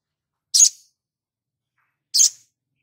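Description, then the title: Spiderhunter producing two sharp, high chip notes about a second and a half apart. Labaik variant, from a masteran training recording for cage birds. "Sogok Ontong Labaik"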